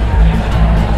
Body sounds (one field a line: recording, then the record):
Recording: background sound without coughing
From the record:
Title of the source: Party Noise 1 Hour Party Ambience